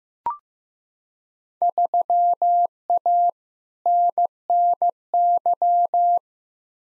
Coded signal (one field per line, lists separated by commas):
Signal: Morse code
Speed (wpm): 15 wpm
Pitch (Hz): 700 Hz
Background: none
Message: 3A NNY